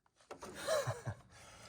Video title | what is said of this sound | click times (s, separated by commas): VW Golf GTI R Gear Shift Unit / Shift Tower Repair and Short Shifter Install - P3 Gauges | So she's stripped out pretty good, and I can tell that this was kind of a problem because there's this weird | none